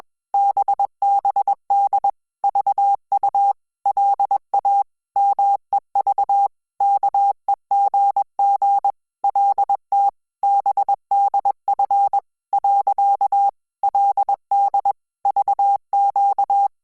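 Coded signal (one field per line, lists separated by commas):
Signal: Morse code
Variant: Korean alphabet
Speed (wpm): 21 wpm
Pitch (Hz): 800 Hz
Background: none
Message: 뜨 리 고 말 았 거 든 . 그 래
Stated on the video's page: Hangul Morse listening practice sent at 20 WPM.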